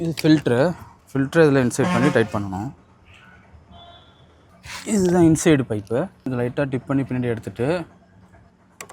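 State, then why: Seated. The inner pipe of a 7 HP power weeder's sprayer attachment is dipped lightly, drawn back, then pushed fully into the sprayer fitting while someone talks. A sharp tick at 8.8 s marks the pipe locking in, seated.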